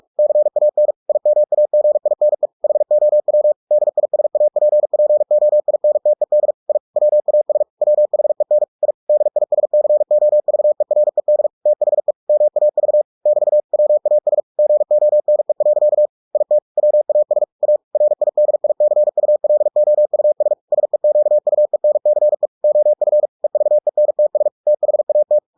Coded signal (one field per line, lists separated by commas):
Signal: Morse code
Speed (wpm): 46 wpm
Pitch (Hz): 600 Hz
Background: none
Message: CAN IMAGINE HOW DISAPPOINTED I WAS WHEN I DISCOVERED THE MAV <BT> WAS GONE. IT WAS A RIDICULOUS SEQUENCE OF EVENTS THAT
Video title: The Martian by Andy Weir in Morse code - 45WPM - Chapter 1